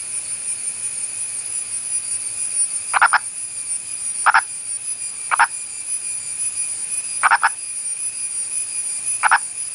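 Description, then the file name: Purple frog calling with short, clucking double notes repeated at irregular intervals of one to two seconds. Purple frog of India, a burrowing species; recording documents its vocal behaviour. "Elusive Purple Frog of India"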